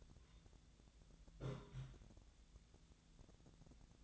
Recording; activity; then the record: daily activity, microphone in the room; take from stove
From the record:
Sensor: 3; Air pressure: 1010.0 hPa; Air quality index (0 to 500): 186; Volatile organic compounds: 13 ppm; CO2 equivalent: 2426 ppm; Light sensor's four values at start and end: 41/102/44/47 and 41/102/44/47